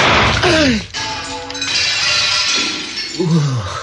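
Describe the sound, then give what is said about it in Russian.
A gunshot shatters a giant trophy cup bearing an inscription: a loud, harsh crash with a bright spray of breaking metal and glass. Short vocal exclamations rise over the noise at the start and again near the end. “Что, могли бы поздравить меня с хорошим выстрелом?”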